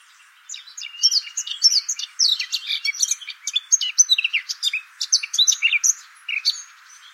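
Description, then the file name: Eurasian blackcap pouring out an unbroken warble of quick, varied notes, rich and slightly scratchy, steady throughout. "Sylvia atricapilla"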